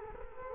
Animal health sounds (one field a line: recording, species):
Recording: mosquito wingbeat signal from an infrared sensor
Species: Culex quinquefasciatus